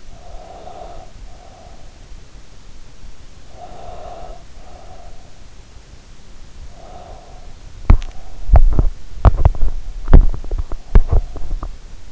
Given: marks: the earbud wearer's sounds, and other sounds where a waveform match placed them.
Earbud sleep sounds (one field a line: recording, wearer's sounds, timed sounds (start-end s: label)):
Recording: sounds in sleep by an in-ear microphone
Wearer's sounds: breath, teeth grinding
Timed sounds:
0.00-2.01 s: breath
3.39-5.34 s: breath
6.49-7.50 s: breath
7.75-12.12 s: teeth grinding